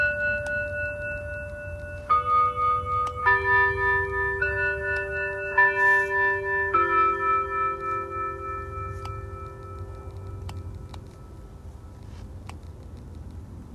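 A noon chime plays a slow, simple melody of ringing tones, each note starting about every second or so and sustaining with a gentle pulsing waver. The last notes hang and fade after about seven seconds, over a steady low rumble of traffic with occasional clicks.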